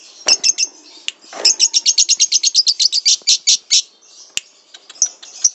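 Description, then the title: Lovebird song: shrill, high chirps in a fast, steady string, with brief scratchy notes at the start and a few scattered chirps at the end. Lovebird described as a national champion; recording used as a masteran, a training recording for teaching other birds to sing. "MASTERAN BURUNG 2. Suara LoveBird Juara Nasional"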